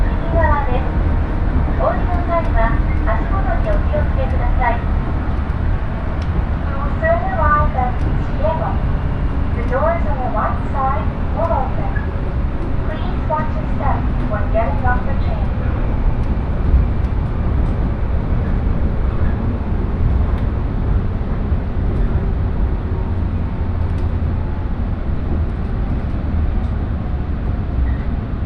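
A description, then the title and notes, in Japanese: A steady, heavy low rumble of a train ride on the Shinano Railway toward Ueda and Nagano runs through the whole recording. A voice talks over the rumble for the first fifteen seconds or so, then fades out, leaving only the constant rolling drone. しなの鉄道・北陸新幹線 小諸→上田→長野。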